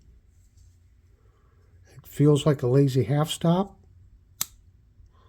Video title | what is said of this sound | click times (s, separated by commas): THE ULTIMATE KNIFE REVIEW: CHECKING THE WALK AND TALK (PART 4) | snaps into place pretty good | 4.4 s